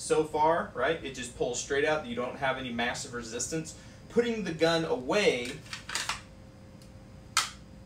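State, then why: Partly seated. Someone talks, then a handgun is pushed down into an Armordillo X-Fer 2.0 polymer holster, with small handling sounds around 5.9–6.1 s. A sharp retention click comes at 7.4 s, but the gun is not fully seated yet.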